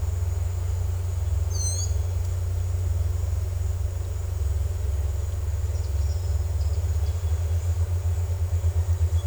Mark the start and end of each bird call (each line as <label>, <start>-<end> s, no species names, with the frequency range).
bird call (2.7-11.6 kHz), 1.46-1.92 s